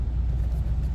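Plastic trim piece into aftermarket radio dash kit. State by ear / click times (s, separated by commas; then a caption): not seated / none. A plastic trim piece taken off the factory dash panel of a 2008 Nissan Altima is being handled and pressed toward a new aftermarket double-DIN radio dash kit. A steady low rumble runs through the second, with no sharp sounds and no talk. Nothing has seated or clicked yet; the clip ends just before the piece snaps home.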